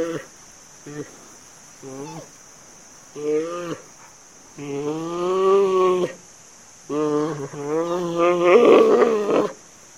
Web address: sonido de un panda rugiendo en su habitat natural